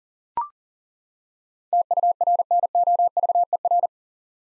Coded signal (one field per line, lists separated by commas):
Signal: Morse code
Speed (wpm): 40 wpm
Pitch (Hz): 700 Hz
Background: none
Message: TURNOVER